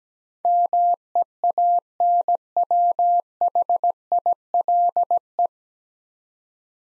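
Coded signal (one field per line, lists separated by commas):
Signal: Morse code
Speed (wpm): 17 wpm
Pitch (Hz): 700 Hz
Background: none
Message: MEANWHILE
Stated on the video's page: Morse head-copy drill of nine-letter words at 17 wpm, each sent, spoken, then sent again.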